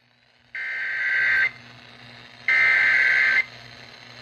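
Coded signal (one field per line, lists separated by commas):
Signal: Emergency Alert System (SAME) tones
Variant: header bursts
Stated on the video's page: NOAA Weather Radio alerts, some received via FM relay on a new radio.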